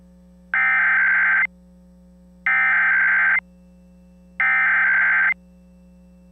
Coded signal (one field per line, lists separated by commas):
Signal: Emergency Alert System (SAME) tones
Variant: header bursts